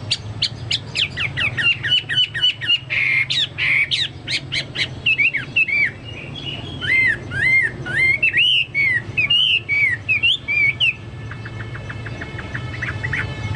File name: hwamei omkicau